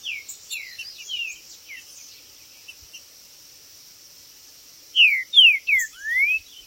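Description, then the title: Green-winged saltator song: soft scattered chirps and twitters, then a strong phrase of three descending whistles ending in a long upslurred note; faint clicks below. Trinca-ferro chirping, singing and territorial calling (macheando) in a contest; video meant to stir up a listener's own trinca-ferro. "Seu TRINCA Piando, Cantando E Macheando Na DISPUTA. TRINCA FERRO Cantando e MACHEANDO!!"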